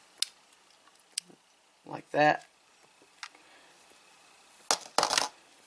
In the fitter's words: it's magnetic and it just kind of pops into place like